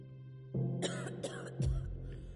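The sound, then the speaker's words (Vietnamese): A young woman, just released from being choked by the throat, gives several harsh, raspy coughs in quick succession, three or four bursts with a throaty, breathy edge and short gaps between them, with no talking. “Bảo Nhi ho lên vài tiếng, ánh mắt lướt qua người thiếu niên trước mặt mà lòng đầy sợ hãi.”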